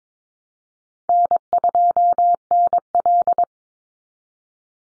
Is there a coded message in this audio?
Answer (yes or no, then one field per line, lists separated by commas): yes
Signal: Morse code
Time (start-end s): 1.1-3.4 s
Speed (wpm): 22 wpm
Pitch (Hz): 700 Hz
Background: none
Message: N2NL